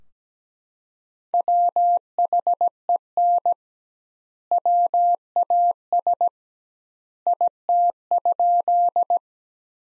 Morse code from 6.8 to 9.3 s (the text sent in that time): IT?